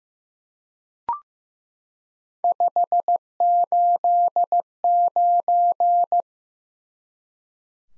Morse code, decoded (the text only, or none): 589